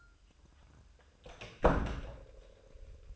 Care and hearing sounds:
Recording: daily activity, microphone in the room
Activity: close door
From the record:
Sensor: 2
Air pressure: 1004.7 hPa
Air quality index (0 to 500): 75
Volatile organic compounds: 1 ppm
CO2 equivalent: 886 ppm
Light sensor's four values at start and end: 7/16/7/7 and 7/16/6/7

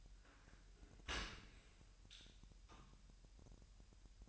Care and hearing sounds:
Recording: daily activity, microphone in the room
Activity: open dishwasher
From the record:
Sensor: 2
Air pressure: 1000.4 hPa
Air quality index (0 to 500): 245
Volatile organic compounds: 89 ppm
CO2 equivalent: 3678 ppm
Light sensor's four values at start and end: 9/21/8/8 and 9/21/8/8

